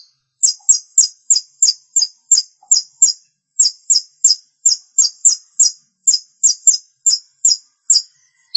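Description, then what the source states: Long-tailed shrike song: steady run of high, sharp chirped notes, delivered in quick pairs and triplets with brief gaps, lasting the whole stretch. Recorded March 2017; bird called pentet locally.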